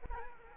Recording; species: mosquito wingbeat signal from an infrared sensor; Culex quinquefasciatus